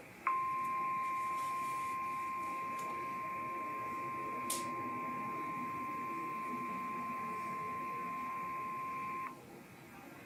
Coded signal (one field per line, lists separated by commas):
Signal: Emergency Alert System (SAME) tones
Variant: 1050 Hz attention tone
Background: speech